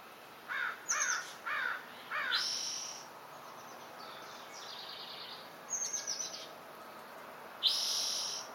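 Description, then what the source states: Bird chirps: a quick series of four descending chirps early on, then loud high whistled notes and a later fluttering trill, over soft steady background hiss. Dense nature setting.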